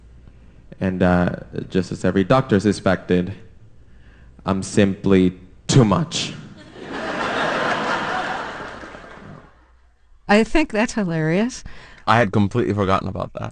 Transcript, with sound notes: and just as every doctor suspected, I'm simply too much.
(LAUGHTER)
I think that's hilarious.
I had completely forgotten about that.